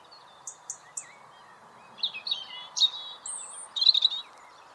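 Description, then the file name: European robin song: a few thin high notes, then a varied phrase of warbled whistles and a sustained high note, over a faint background hiss. "Erithacus rubecula"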